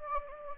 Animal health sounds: mosquito wingbeat signal from an infrared sensor; Anopheles gambiae

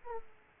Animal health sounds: mosquito wingbeat signal from an infrared sensor; Aedes aegypti

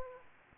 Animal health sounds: mosquito wingbeat signal from an infrared sensor; Aedes aegypti

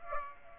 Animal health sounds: mosquito wingbeat signal from an infrared sensor; Aedes aegypti

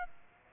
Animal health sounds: mosquito wingbeat signal from an infrared sensor; Aedes aegypti

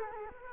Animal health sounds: mosquito wingbeat signal from an infrared sensor; Culex quinquefasciatus

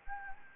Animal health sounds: mosquito wingbeat signal from an infrared sensor; Anopheles gambiae

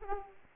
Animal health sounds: mosquito wingbeat signal from an infrared sensor; Aedes aegypti

